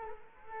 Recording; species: mosquito wingbeat signal from an infrared sensor; Culex quinquefasciatus